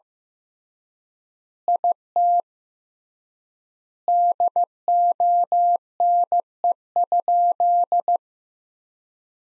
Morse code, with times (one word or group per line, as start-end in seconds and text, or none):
1.7-2.4 IT
4.1-8.2 DONE?